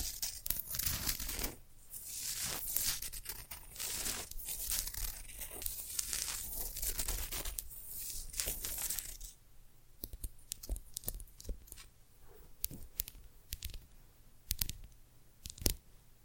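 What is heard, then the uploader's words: Dense, bright brushing and scratching against vinyl for about nine seconds, then sparse, sharp clicks and taps of cork and tiny bottles. ASMR Tiny Mics - Mighty Tingles Mic Testing（No Talking）. Cork, tiny bottles, vinyl, brushing.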